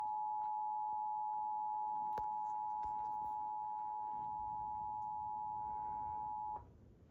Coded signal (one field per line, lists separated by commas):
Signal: Emergency Alert System (SAME) tones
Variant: 853 and 960 Hz attention tone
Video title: (EAS #494) Severe Thunderstorm Warning for Walworth, Rock, Waukesha, and Jefferson, Wisconsin